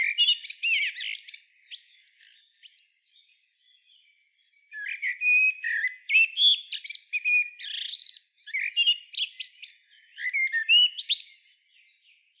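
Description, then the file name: Common blackbird uttering dense, high, scratchy twitters and short whistled notes in quick runs, with a quieter gap before the chattering resumes and continues to the end. "Turdus merula"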